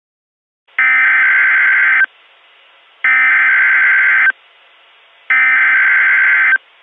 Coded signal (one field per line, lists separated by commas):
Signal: Emergency Alert System (SAME) tones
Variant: header bursts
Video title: (UNFINISHED) EAS Reenactment Mock: "Waterspouts are possible." - 04/07/2019